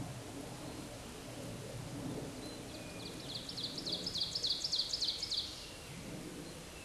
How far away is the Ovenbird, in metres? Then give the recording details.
about 45 m. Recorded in a Pennsylvania forest on 17 May 2023 at 13:24. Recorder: AudioMoth, point grid1_2_low. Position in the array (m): 150 m, 62 m